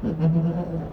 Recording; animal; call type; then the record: contact call of a hoofed animal; goat; low-frequency (closed-mouth) or high-frequency (open-mouth) call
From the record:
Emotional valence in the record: positive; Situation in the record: food anticipation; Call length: 0.94 s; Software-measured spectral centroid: 840 Hz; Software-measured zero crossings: 480 a second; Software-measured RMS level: -23 dBFS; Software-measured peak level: -11 dBFS